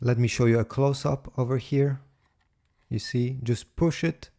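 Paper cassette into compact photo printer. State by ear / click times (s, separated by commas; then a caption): not seated / none. Someone talks while a loaded plastic paper cassette is handled at the front slot of a compact Canon Selphy CP1300/CP1500 photo printer, with a quiet pause from about 2.1 to 2.9 s. The cassette has not yet seated or clicked into place by the end of the clip.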